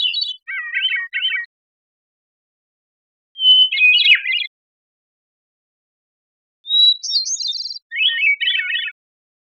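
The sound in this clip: Hermit thrush song: three separate phrases, each a pure held whistle followed by quick fluty, trilled notes, with each phrase pitched differently and quiet pauses of about two seconds between them.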